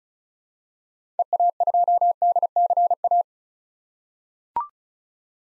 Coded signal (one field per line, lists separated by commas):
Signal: Morse code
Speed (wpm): 36 wpm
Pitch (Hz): 700 Hz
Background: none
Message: EA2DCA